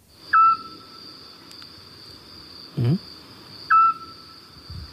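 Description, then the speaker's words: Eurasian scops owl song, two short clear whistled notes about three seconds apart, with a faint steady high tone and low thumps in the background. Night song; described as beautiful, same pitch throughout, very repetitive and clear. "Este sigue un autillo. Qué bonito, ¿eh? Qué bonito canta, además, ¿no?"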